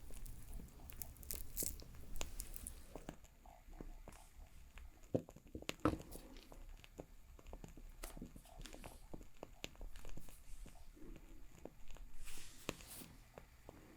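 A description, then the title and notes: A crackling fire pops and snaps irregularly over a low steady rumble, with sharper, brighter bursts of crackle near the start and again near the end. Crackling Fire Sounds.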